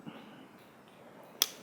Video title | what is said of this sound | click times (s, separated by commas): RCExplorer Tricopter V3 - Build video | There we go. Just nice clicking sound. | 1.4 s